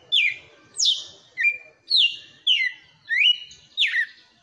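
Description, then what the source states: Red-cowled cardinal singing seven clear, loud whistled notes in quick succession, most dropping in pitch, a little over half a second apart. Female bird.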